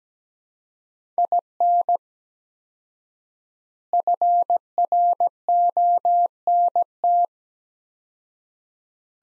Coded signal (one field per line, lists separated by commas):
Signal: Morse code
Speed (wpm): 17 wpm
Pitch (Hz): 700 Hz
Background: none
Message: IN FRONT